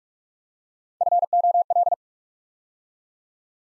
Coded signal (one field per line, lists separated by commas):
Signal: Morse code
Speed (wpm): 44 wpm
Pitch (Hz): 700 Hz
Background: none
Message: FOL